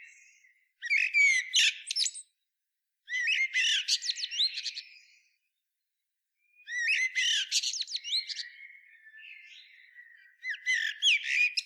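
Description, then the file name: Common blackbird giving bursts of high, twittering, squeaky phrases separated by short pauses; no other clear sounds. "Turdus merula"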